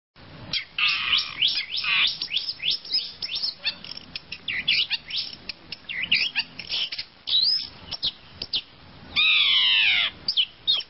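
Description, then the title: Long-tailed shrike song: a varied, hurried string of scratchy chatter and clicks, with a longer buzzy, slurred phrase near the end. "Kicau Burung Pentet"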